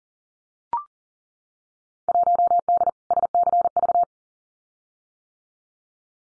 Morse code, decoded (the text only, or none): 1D SCV